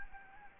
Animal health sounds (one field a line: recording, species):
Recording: mosquito wingbeat signal from an infrared sensor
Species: Anopheles gambiae